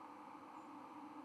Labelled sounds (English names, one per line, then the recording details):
White-throated Sparrow flight call
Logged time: 03:24 on 31 October 2014